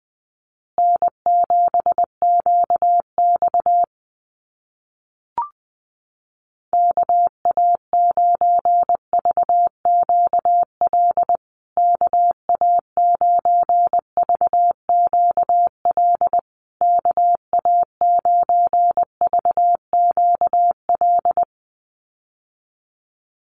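A callsign is sent three times in Morse code as a steady mid-pitched tone keyed into quick dots and dashes. The first sending runs from about 1 to 4 seconds, a single short click falls in the gap near 5 seconds, then the code resumes and continues in groups until about 21 seconds.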